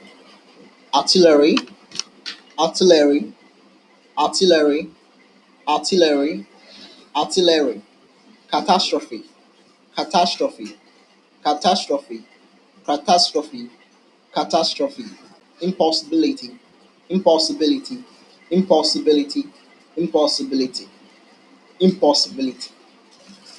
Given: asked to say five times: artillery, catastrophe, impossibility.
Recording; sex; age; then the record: three words, each repeated; male; 20 to 29 years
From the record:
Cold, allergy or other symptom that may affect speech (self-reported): no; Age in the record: 28 years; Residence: Texas, United States